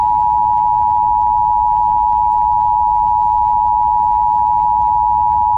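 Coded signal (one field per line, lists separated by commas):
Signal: Emergency Alert System (SAME) tones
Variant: 853 and 960 Hz attention tone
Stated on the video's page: Fictional Emergency Alert System scenario about an earthquake disaster in the Rocky Mountains and the western states; simulated alert.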